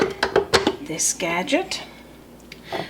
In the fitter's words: and that it'll click into place then you're going to put in